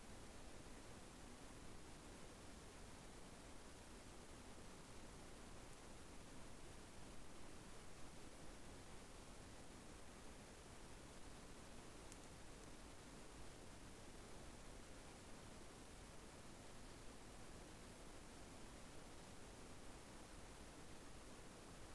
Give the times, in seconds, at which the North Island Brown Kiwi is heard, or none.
none